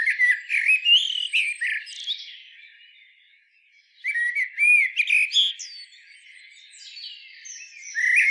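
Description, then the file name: Eurasian blackbird song: a warbling low whistled phrase, a pause, then a second phrase with high chattering notes and a thin ending. "Turdus merula"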